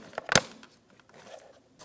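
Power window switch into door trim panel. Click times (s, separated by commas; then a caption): 0.4 s. A plastic power window switch assembly from a 2007-2017 Ford Expedition is lined up with its clips and pushed into the door trim panel. A small tick at 0.2 s is followed by a sharp snap at 0.4 s as it seats, then only faint handling sounds. The switch is seated in the panel.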